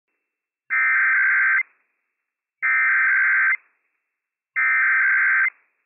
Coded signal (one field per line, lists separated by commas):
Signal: Emergency Alert System (SAME) tones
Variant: header bursts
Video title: Washington State EOC Required Weekly Test - WWF56 - EAS #307 - 11:02 AM PST 12/20/22